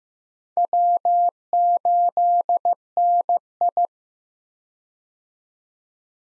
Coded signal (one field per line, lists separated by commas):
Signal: Morse code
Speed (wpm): 15 wpm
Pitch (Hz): 700 Hz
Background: none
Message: W8NI